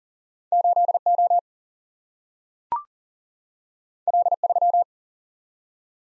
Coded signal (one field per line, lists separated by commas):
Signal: Morse code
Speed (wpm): 42 wpm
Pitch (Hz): 700 Hz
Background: none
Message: 8O L3